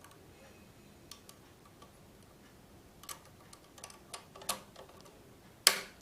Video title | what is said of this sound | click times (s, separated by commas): కుట్టు మిషన్ ఎలా వాడాలొ తెలుసుకుందాం/basic tips #srilathatailoringclass# | టక్కని sound వచ్చింది కదా, అలా సౌండ్ రావాలి కంపల్సరీగా. | 5.7 s